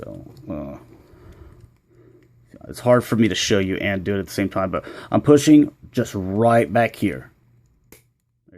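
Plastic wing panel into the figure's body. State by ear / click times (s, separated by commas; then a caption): seated / 7.9 s. Someone talks while pressing on the back of a plastic wing panel of a Transformers Masterpiece MP-20 Wheeljack transforming robot figure. The panel snaps into its slot in the figure's body with a sharp pop at 7.9 s, because the wings fit tightly.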